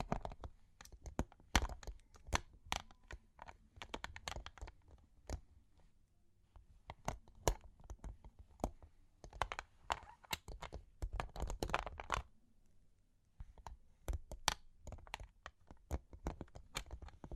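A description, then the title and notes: Long claws tap and scratch in quick, irregular bursts of sharp clicks, with short pauses around six and thirteen seconds. Long Claws Tapping and Scratching (No Talking).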